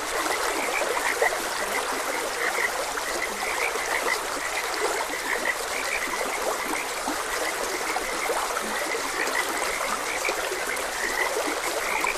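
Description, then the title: Short frog croaks repeat irregularly throughout, a dense chorus mixed with the steady sound of running water. Frogs croaking beside a gentle stream. "Gentle Stream and Frogs Croaking"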